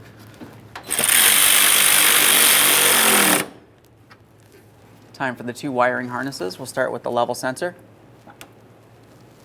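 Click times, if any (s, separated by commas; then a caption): none. A wiring harness connector is handled at the washer fluid level sensor on the plastic washer reservoir of a 2007-2013 Chevrolet Silverado 1500. A loud, steady mechanical roar runs from about 1.0 to 3.4 s, followed by quiet handling noises, someone talking, and a brief sharp tick near the end. Nothing has seated or clicked into place yet.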